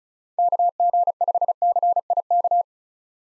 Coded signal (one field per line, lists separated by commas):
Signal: Morse code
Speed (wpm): 36 wpm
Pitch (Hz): 700 Hz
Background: none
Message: KG5CIK